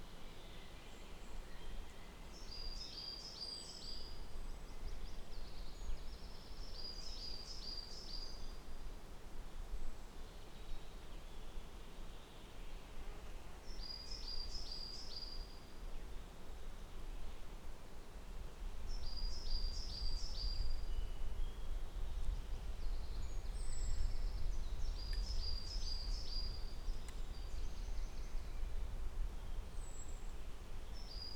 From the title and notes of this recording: Audio recording of birds singing in the summer of 2022 in Trnovo forest.